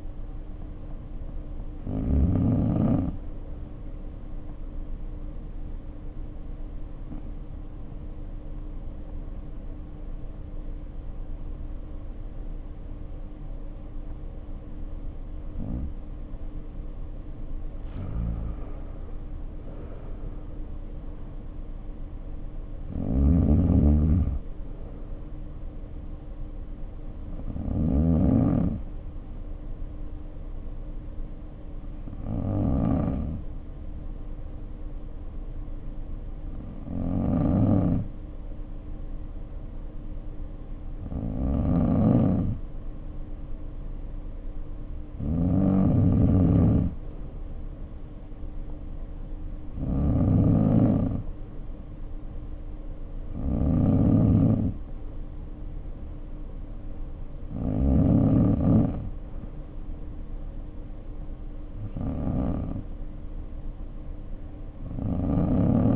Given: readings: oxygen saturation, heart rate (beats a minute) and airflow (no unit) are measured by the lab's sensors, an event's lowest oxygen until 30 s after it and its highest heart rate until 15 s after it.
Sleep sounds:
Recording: breathing in sleep by a smartphone at the bedside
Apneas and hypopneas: 2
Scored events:
3.00-20.80 s: hypopnea (N2, oxygen 92% highest, then 91% lowest, heart rate 58 at the start, 58 highest)
30.00-45.60 s: hypopnea (N2, oxygen 94% highest, then 91% lowest, heart rate 54 at the start, 57 highest)
From the record:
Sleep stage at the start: N2 (light sleep)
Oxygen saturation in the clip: 88 to 94%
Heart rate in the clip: 50 to 63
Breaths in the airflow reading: 13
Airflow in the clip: -6.4 to 4.1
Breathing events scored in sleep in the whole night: 520 in 7.2 hours asleep

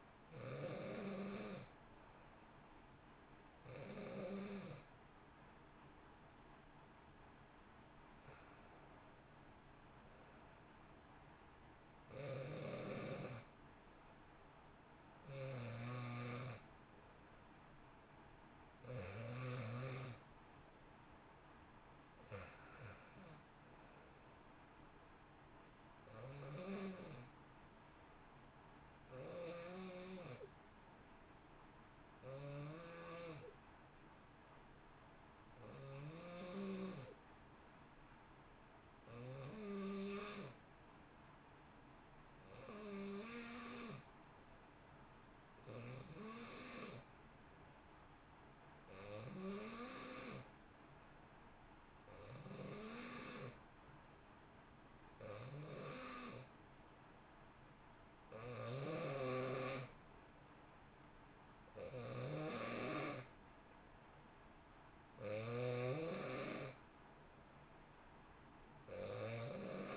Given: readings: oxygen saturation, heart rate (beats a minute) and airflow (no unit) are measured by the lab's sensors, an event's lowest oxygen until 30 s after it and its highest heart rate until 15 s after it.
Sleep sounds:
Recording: breathing in sleep by a voice recorder at the bedside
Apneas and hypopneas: 1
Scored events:
10.00-69.97 s: new sleep stage, N2 (light sleep)
32.00-51.30 s: hypopnea (N2, oxygen 92% highest, then 88% lowest, heart rate 59 at the start, 65 highest)
From the record:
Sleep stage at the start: N3 (deep sleep)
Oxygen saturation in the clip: 88 to 92%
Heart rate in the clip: 55 to 65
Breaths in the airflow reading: 19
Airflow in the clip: -1.1 to 1.8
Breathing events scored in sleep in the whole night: 328 in 6.3 hours asleep

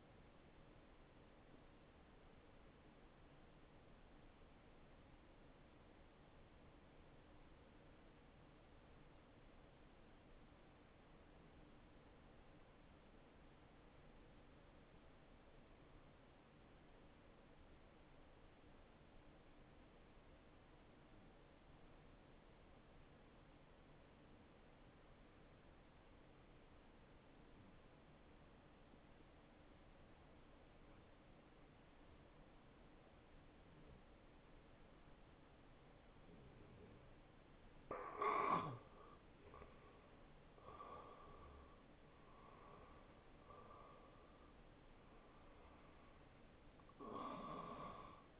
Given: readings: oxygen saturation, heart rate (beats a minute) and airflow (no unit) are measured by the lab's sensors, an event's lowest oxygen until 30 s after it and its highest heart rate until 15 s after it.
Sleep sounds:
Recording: breathing in sleep by a voice recorder at the bedside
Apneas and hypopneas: 1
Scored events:
3.00-35.90 s: hypopnea (N1, oxygen 94% highest, then 88% lowest, heart rate 72 at the start, 77 highest)
20.00-48.40 s: new sleep stage, N2 (light sleep)
From the record:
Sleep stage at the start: N1 (lightest sleep)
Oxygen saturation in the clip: 88 to 94%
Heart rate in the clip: 63 to 76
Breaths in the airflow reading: 5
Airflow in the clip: -7.7 to 6.2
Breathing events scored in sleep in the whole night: 263 in 5.5 hours asleep

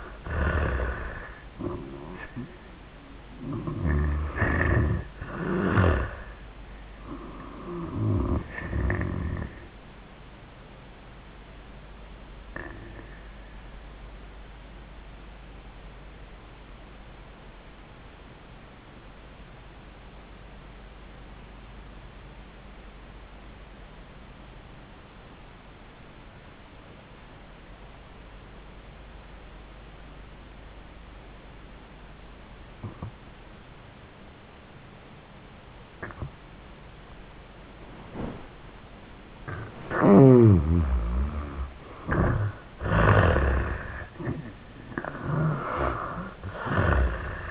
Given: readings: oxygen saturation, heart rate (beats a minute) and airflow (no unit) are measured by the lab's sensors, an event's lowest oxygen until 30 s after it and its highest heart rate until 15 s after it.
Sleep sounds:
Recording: breathing in sleep by a voice recorder at the bedside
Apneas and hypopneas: 1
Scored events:
14.00-39.60 s: obstructive apnea (N1, oxygen 97% highest, then 79% lowest, heart rate 92 at the start, 97 highest)
From the record:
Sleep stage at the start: N1 (lightest sleep)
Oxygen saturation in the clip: 77 to 97%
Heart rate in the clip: 79 to 100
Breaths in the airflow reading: 3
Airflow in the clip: -29.4 to 17.9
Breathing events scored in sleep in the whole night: 400 in 8.7 hours asleep

